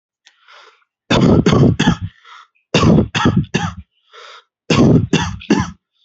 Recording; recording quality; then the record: shallow voluntary cough; excellent, no background noise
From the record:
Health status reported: healthy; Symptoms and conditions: none ticked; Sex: male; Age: 21 years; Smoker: not ticked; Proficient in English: no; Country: India